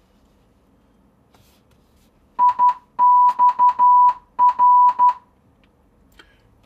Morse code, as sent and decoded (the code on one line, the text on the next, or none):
.. -..- .-.
IXR